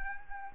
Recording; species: mosquito wingbeat signal from an infrared sensor; Anopheles arabiensis